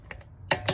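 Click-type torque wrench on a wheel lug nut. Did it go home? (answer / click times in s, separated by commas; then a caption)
yes / 0.5 s, 0.7 s. A click-type torque wrench is pulled again on a wheel lug nut as a safety check and gives two sharp clicks at 0.5 and 0.7 seconds, preceded by two faint ticks. The repeat clicks confirm the lug nut is torqued.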